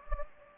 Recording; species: mosquito wingbeat signal from an infrared sensor; Anopheles gambiae